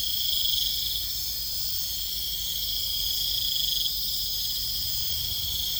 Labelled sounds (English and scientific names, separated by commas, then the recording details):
none
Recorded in pastures near Puerto Asís, Putumayo, Colombia, on 20 December 2024 at 22:00
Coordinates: 0.472, -76.329
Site G072